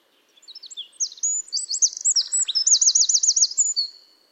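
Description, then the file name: Eurasian wren song: a rapid, very high outpouring of sharp notes and quick trills, with a rattling buzzy reel in the middle, lasting about three and a half seconds. "Troglodytes troglodytes"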